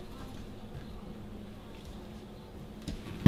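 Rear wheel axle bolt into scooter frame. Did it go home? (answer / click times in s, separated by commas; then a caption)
no / none. A rear wheel axle bolt is being lined up in the frame of a Micro Mini Glow Deluxe Plus scooter against a low steady background hum, with a small knock at 2.9 s and a louder sharp knock at 3.3 s as it is handled. Nothing has seated or clicked yet; the clip ends just before the bolt goes home.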